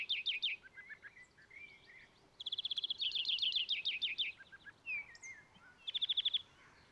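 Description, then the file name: European greenfinch song of rolling, rattling trills strung together with twittering notes, over a faint background hiss. "Chloris chloris"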